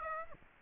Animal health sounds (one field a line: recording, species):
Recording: mosquito wingbeat signal from an infrared sensor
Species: Aedes aegypti